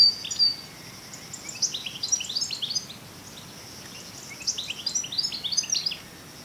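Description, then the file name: European goldfinch twittering in quick, jumbled bright notes, a short burst at the start, then two longer runs, with a thin constant whine behind. "Carduelis carduelis"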